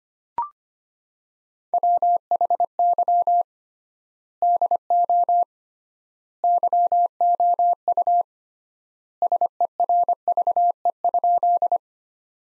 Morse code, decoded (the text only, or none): WHY DO YOU SERVE?